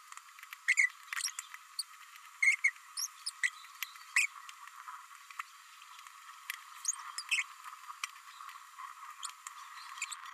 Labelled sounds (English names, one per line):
Green-rumped Parrotlet babbling